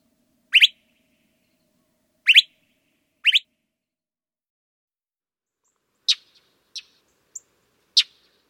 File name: Northern Mockingbird